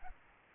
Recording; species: mosquito wingbeat signal from an infrared sensor; Aedes albopictus